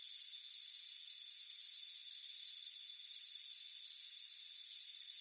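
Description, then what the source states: Crickets produce repeated shrill trilled chirps, one or two a second, above a constant high buzzing. Crickets chirping on a warm afternoon on a front porch.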